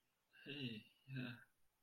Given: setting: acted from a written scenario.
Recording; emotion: vocal sound without words; sympathy